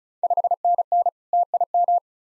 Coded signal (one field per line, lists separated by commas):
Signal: Morse code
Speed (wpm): 36 wpm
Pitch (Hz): 700 Hz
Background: none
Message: 5NN TIM